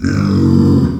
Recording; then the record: squeal of a Yucatan mini pig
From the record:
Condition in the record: after surgery on the right vocal fold (resection and tissue-engineered implant); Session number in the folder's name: 13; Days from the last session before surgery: 113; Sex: female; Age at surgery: 19 weeks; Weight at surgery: 25 kg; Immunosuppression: prednisolone